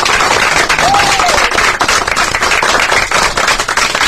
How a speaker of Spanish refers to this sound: No, aplauso. Aplaudimos. Este es el audio de la semana pasada.